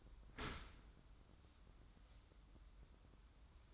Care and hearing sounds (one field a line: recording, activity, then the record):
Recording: daily activity, microphone in the room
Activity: open dishwasher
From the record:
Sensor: 3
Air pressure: 994.4 hPa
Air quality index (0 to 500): 209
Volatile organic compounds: 1000 ppm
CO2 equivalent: 6982 ppm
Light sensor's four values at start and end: 194/469/198/196 and 194/468/198/196